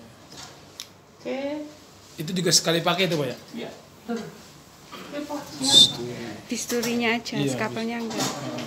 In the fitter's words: Hai dipotong Sampai bunyi klik oke